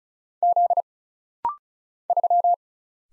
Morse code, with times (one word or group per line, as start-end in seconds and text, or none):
0.4-0.8 Z
2.1-2.5 3